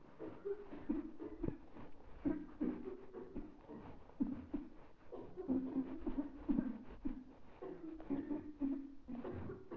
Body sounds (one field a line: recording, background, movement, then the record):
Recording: throat clearing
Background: a bystander coughing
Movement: walking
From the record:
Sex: female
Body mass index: 36.4 kg/m2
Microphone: on the chest, facing the body